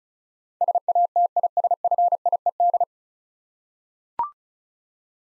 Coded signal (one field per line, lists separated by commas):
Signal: Morse code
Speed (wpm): 34 wpm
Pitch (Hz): 700 Hz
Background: none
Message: SATISFIED